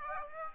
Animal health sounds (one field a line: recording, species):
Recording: mosquito wingbeat signal from an infrared sensor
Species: Aedes aegypti